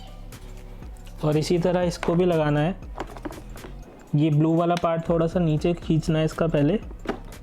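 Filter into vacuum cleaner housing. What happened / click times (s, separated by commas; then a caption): The filter is handled but not yet locked into its housing / none. Someone talks over background music while handling a vacuum cleaner's rear filter housing, preparing to pull its blue release part down and fit the filter back in so the plastic catch can lock. Brief plastic knocks and taps are heard, loudest around 3.0–3.3 s. The filter has not seated or clicked into the housing yet.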